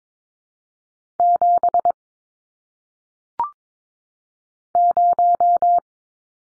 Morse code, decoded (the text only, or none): 7 0